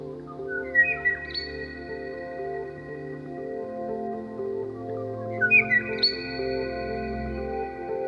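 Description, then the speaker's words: Kauai oo call: two short phrases of rising whistled notes ending on a high sustained tone, several seconds apart, over a steady low musical drone. Call of the extinct species, now heard only in a sound library. "then have a good long think about the Kauai O'o, whose lonely call can now only be heard in a library of digital sounds."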